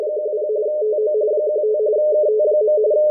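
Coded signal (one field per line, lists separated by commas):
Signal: RTTY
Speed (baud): 45.45 baud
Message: 10 TO 15 KT.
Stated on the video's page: WLO coast station marine weather report in RTTY-45, received at 8473 kHz on a WebSDR.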